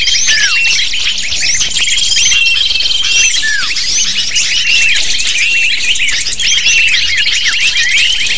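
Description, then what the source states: Lovebirds chattering in a dense flock, a continuous wash of shrill, overlapping chirps and squeaks with occasional downslurred notes, never pausing. Lure sound used to attract lovebirds.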